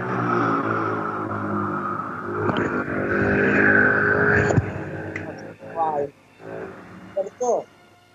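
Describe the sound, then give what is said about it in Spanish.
A motorcycle passes by a person speaking on a phone line, its loud buzzing engine droning and rising in pitch for several seconds before cutting off, sounding like a truck or long-distance bus, followed by a few brief bursts of someone talking. “Tapé el micrófono porque Pasó una moto, por caso.”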